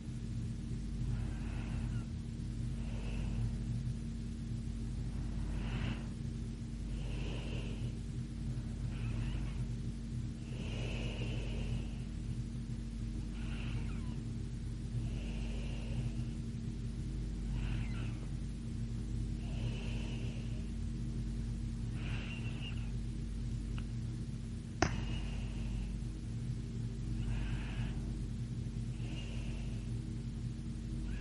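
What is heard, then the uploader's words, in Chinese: A girl's slow breathing as she sleeps, soft breaths rising and falling roughly every two seconds, some with a faint nasal hiss. A steady low hum from an appliance runs underneath throughout, and a brief sharp click sounds near twenty-five seconds. 女孩子睡着的呼吸声加长版。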